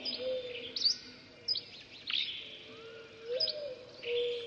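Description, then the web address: Birds giving sharp high chirps and short twittering phrases, spaced irregularly, with a low sustained tone underneath. "funny birds"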